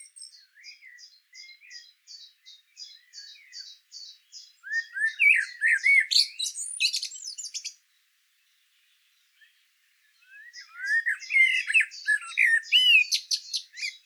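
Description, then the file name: Common blackbird song: a run of thin high repeated notes, then a fluty whistled phrase ending in squeaky twitters, a pause, and another warbled phrase. "Turdus merula"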